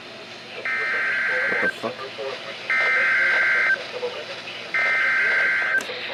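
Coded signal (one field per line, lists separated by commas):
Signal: Emergency Alert System (SAME) tones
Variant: header bursts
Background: speech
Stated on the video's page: Severe weather alerts received on NOAA Weather Radio.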